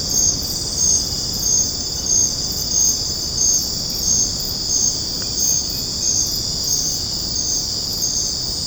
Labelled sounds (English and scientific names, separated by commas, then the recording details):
none
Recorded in secondary vegetation near Puerto Asís, Putumayo, Colombia, on 8 March 2025 at 22:00
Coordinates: 0.481, -76.318
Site G097